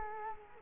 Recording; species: mosquito wingbeat signal from an infrared sensor; Culex quinquefasciatus